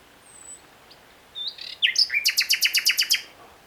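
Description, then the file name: Common nightingale song phrase: a few thin whistles and short notes, then a loud rapid series of repeated notes. "Luscinia megarhynchos"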